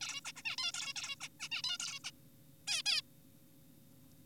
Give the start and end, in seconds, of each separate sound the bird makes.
0.01-0.21, 0.25-0.32, 0.36-0.42, 0.45-0.56, 0.58-0.72, 0.74-0.93, 0.96-1.16, 1.21-1.28, 1.40-1.49, 1.52-1.62, 1.64-1.78, 1.80-1.99, 2.04-2.11, 2.67-2.82, 2.86-3.01